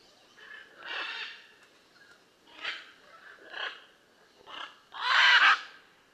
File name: Blue and yellow Macaw Ara ararauna